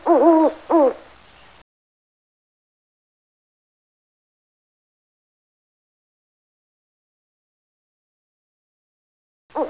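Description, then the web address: Owl hooting: two quick hoots at the start, then a long silence, with another hoot beginning at the very end. "neme owl"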